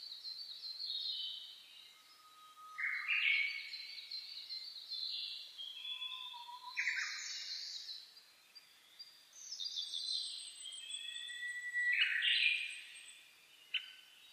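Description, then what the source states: Mixed birds in a dawn chorus with overlapping whistles, chirps and loud rich rising phrases near three, seven and twelve seconds, plus a soft low whistle. Dawn chorus recorded 10 May 2010 at about 04:01.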